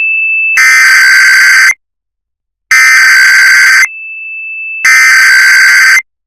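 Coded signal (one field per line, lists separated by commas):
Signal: Emergency Alert System (SAME) tones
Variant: header bursts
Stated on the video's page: Simulated EAS scenario about a nuclear power plant incident.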